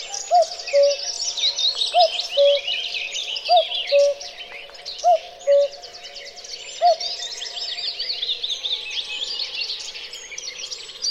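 Cuckoo repeating its falling two-note call four times and starting a fifth, each about 1.5 seconds apart, amid constant high twittering and chattering songbirds.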